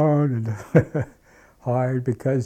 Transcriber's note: he laughs